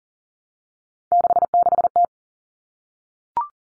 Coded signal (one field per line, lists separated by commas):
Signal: Morse code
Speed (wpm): 40 wpm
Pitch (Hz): 700 Hz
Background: none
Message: 66T